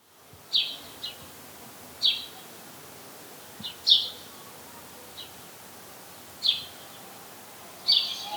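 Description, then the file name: House sparrow uttering single and paired sharp chirps roughly every one to two seconds against a soft, even background hiss. "Passer domesticus"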